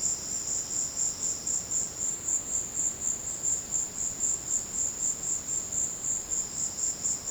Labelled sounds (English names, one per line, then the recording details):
none
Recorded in secondary vegetation near Puerto Asís, Putumayo, Colombia, on 18 February 2024 at 16:30
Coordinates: 0.472, -76.331
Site G6371